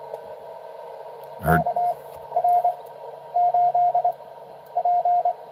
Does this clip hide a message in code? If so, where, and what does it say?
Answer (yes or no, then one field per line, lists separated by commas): yes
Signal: Morse code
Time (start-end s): 1.5-5.3 s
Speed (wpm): 21 wpm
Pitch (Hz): 700 Hz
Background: speech, radio noise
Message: KR8P